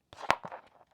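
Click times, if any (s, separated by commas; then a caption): 0.3 s. A metal bag foot is pressed through a fabric bag base until it snaps into place, with a sharp click at 0.3 s showing it has seated. Softer crunching and rustling come before and after the click.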